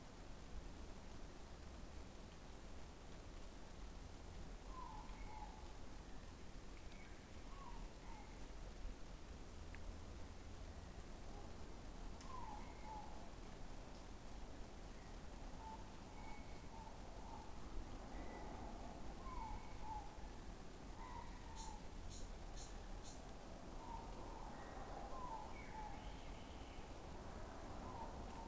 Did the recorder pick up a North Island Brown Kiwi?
no